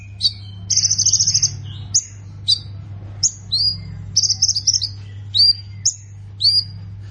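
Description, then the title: Plain prinia producing buzzy trills alternating with single upslurred and downslurred high notes, spaced irregularly; low hum continues underneath. "Ciblek Sawah"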